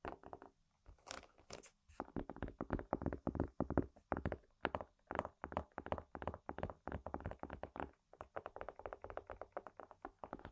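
Tapping on assorted objects, a quick irregular run of crisp knocks and clicks with short gaps between bursts. Around one second there are a couple of brighter, scratchy strokes, and later the taps settle into a denser, steadier rhythm of hollow, clinking hits.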